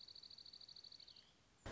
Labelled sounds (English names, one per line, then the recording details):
Dark-eyed Junco
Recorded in Sonoma County, California